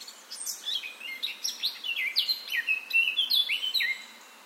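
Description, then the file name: Eurasian blackcap song: a rapid run of clear, slurred whistled notes, many sliding downward, delivered in a lively, varied stream for about four seconds. "Sylvia atricapilla"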